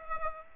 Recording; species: mosquito wingbeat signal from an infrared sensor; Aedes aegypti